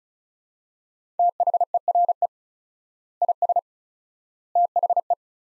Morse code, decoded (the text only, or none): THERE IS THE